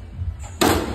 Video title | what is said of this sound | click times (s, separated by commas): #construction #glazing #home #бургас #българия #дограма #остъкляване #парапети #пергола #работа | Тръбата се закопчава. | 0.6 s